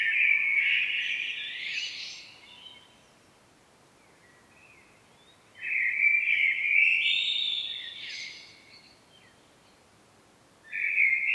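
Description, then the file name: Common blackbird song phrases: a fluty warble ending in a high twitter, repeated after a long pause, with the start of a third phrase at the end. "Turdus merula"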